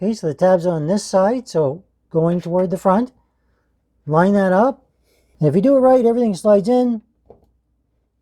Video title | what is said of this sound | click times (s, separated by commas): Corsair 4000X RGB Build Guide with Ryzen 9 5900X | and you shouldn't this little tab should yeah there it just clicked in place | 7.3 s